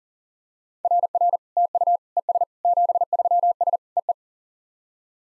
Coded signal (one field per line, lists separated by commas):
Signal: Morse code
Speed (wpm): 42 wpm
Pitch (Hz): 700 Hz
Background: none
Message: RR TU ES 73S EE